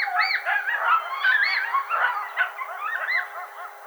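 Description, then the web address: Coyotes in a howling chorus: overlapping yips, squeals and short wavering howls tumble over one another, rising and falling rapidly throughout. Howl, recorded 10 May 2007. "Coyote 2007 05 10 howl"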